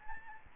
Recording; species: mosquito wingbeat signal from an infrared sensor; Aedes albopictus